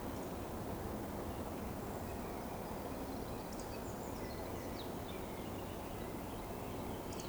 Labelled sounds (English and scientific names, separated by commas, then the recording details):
Eurasian Woodcock (Scolopax rusticola) whistle
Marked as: whistle, whistle, whistle
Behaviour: display flight
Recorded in Baden-Württemberg, Germany, on 12 June 2020 at 19:44 UTC
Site 14569, 102 m above sea level